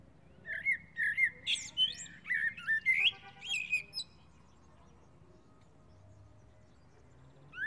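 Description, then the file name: Common blackbird singing a warbled phrase of mellow fluting notes that climbs into thin, scratchy twitters, followed by a few seconds of quiet and a brief note at the close. "Turdus merula"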